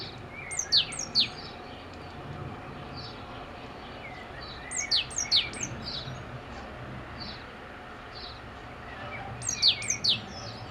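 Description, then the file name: Great tit calls: short bursts of two to four sharp, high, steeply falling notes, heard three times, with fainter chirps between and low background noise. "Parus major"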